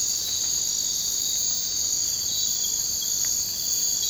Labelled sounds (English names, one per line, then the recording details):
none
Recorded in dense forest near Puerto Asís, Putumayo, Colombia, on 24 March 2025 at 04:30
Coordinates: 0.485, -76.318
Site G056